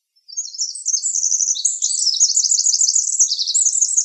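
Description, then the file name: Winter wren song: a long, rapid, high-pitched cascade of tinkling trills and twittering notes, tumbling up and down without pause for about four seconds. Recorded in Arizona on 26 June 2006. "WIWR COONS"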